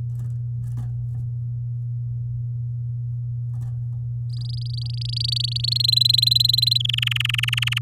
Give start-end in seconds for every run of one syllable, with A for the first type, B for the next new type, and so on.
4.29-5.82 A, 5.84-6.78 B, 6.80-7.79 C